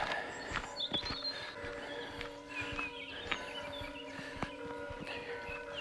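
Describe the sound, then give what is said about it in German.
Footsteps walking a longer stretch downhill on a hill, a series of uneven crunching steps at an irregular pace over a steady low tonal hum, with no one talking. “Was mich halt ein bisschen fertig macht, ist, wir gehen hier schon wieder ein längeres Stück bergab.”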